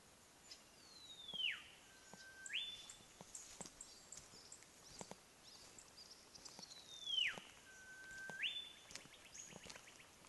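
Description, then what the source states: Olive whistler song, a descending whistle, a level low tone and a sudden upward flick, given twice, with faint chips and ticks from other small birds in between. Recorded at Rennick.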